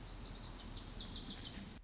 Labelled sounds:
Lazuli Bunting (Passerina amoena)
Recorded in Sonoma County, California

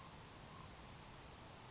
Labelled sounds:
Grasshopper Sparrow (Ammodramus savannarum)
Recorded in Sonoma County, California

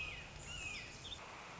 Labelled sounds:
Red-shouldered Hawk (Buteo lineatus)
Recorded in Sonoma County, California

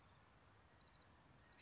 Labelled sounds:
California Towhee (Melozone crissalis)
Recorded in Sonoma County, California

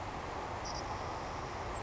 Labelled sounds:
Savannah Sparrow (Passerculus sandwichensis)
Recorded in Sonoma County, California

